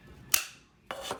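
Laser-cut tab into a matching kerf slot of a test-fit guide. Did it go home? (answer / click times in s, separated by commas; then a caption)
yes / 0.3 s. Two laser-cut test-fit pieces from a kerf test guide are pushed together, a tab going into its matching kerf slot. A sharp click at 0.3 s marks the joint seating, followed at 0.9 s by a longer rubbing, scraping sound that lasts to the end of the clip. The slot joint is seated.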